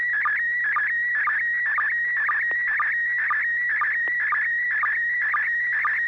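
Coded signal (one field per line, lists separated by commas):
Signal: SSTV (slow-scan television)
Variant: PD120 mode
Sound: warbling high tone with quick low chirps about twice a second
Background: low steady hum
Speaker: are you ready to send a picture let me check for tone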